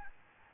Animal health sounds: mosquito wingbeat signal from an infrared sensor; Aedes albopictus

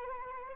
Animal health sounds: mosquito wingbeat signal from an infrared sensor; Anopheles arabiensis

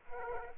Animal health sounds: mosquito wingbeat signal from an infrared sensor; Aedes aegypti

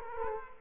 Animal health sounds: mosquito wingbeat signal from an infrared sensor; Culex quinquefasciatus

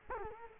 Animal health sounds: mosquito wingbeat signal from an infrared sensor; Culex quinquefasciatus

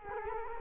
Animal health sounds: mosquito wingbeat signal from an infrared sensor; Culex quinquefasciatus

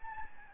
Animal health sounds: mosquito wingbeat signal from an infrared sensor; Aedes albopictus

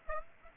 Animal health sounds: mosquito wingbeat signal from an infrared sensor; Aedes aegypti

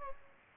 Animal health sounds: mosquito wingbeat signal from an infrared sensor; Aedes aegypti

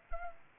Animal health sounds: mosquito wingbeat signal from an infrared sensor; Culex pipiens

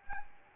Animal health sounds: mosquito wingbeat signal from an infrared sensor; Aedes albopictus

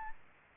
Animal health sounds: mosquito wingbeat signal from an infrared sensor; Aedes albopictus

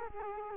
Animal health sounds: mosquito wingbeat signal from an infrared sensor; Culex quinquefasciatus

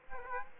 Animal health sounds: mosquito wingbeat signal from an infrared sensor; Aedes aegypti

